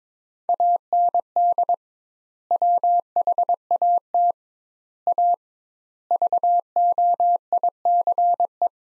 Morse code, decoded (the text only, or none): AND WHAT A VOICE